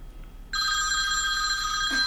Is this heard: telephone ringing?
yes